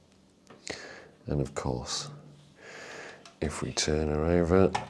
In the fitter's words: And pop into place like so.